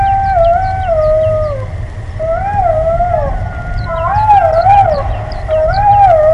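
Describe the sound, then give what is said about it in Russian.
Jackal pups squeal and whine continuously, several thin, high, wavering voices overlapping and sliding up and down in pitch, with brief sharper yips above and a steady low rumble underneath. “Вы слышали визг шоколят?”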